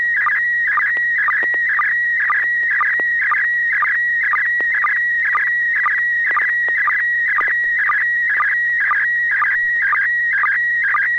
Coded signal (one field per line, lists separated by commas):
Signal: SSTV (slow-scan television)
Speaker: AI6DG, are you ready now?